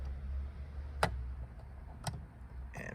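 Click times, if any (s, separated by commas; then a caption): 1.0 s. The electrical wiring connector for a Saab 9-5 rearview mirror, being replaced to restore its compass and auto-dimming functions, has its ridges lined up with the slots and is twisted and pushed into the plastic socket on the mirror. It clicks sharply into place at 1.0 s over a low background hum, followed by fainter handling knocks around 2.1 s and 2.8 s. The connector is seated.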